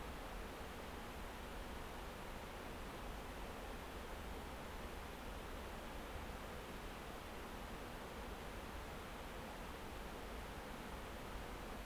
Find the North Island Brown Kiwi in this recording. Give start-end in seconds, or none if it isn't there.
none